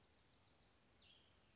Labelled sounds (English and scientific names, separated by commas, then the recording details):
Cassin's Vireo (Vireo cassinii)
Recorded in Sonoma County, California